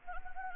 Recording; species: mosquito wingbeat signal from an infrared sensor; Anopheles gambiae